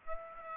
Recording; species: mosquito wingbeat signal from an infrared sensor; Aedes aegypti